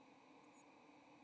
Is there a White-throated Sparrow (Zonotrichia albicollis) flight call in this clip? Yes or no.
no